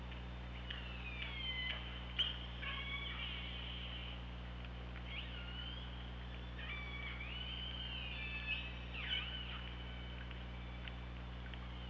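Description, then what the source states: Killer whale calls: a series of tonal, wavering calls with rich harmonics, some rising and falling, several overlapping, over constant low underwater hum. Recorded with the OrcaLab hydrophone on 24 August 2017 at 15:19.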